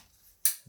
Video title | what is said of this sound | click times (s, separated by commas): TSL 1128 RFID Reader - Assembly | specific direction you'll hear a snap there that snap has to happen you | 0.4 s